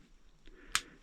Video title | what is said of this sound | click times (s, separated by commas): Beginners Guide to making fishing Leads, | snaps into place and there we have one | 0.8 s